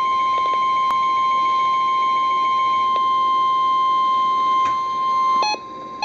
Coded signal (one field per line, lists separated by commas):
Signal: Emergency Alert System (SAME) tones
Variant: 1050 Hz attention tone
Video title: Real NOAA Weather Radio EAS Alert #299